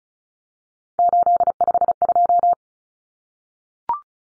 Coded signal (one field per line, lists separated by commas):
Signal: Morse code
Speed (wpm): 34 wpm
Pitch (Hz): 700 Hz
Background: none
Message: 852